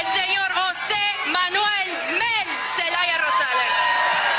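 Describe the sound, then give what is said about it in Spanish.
A crowd of thousands of supporters cheers and applauds a returning leader without pause, many voices whooping and shouting over one another in rising, wavering yells, loud and sustained throughout. “Quiero pedirles el permiso de ahora cederle la palabra a el hombre que ha sembrado la semilla de la esperanza en este pueblo, a el hombre que hace 2 años sacaron a balazos y hoy reciben con aplausos.”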